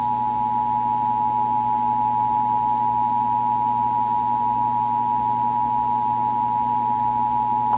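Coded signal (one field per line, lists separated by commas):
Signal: Emergency Alert System (SAME) tones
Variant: 853 and 960 Hz attention tone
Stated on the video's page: Texas Required Monthly Test tones heard on WBAP AM and FM and several Texas TV stations.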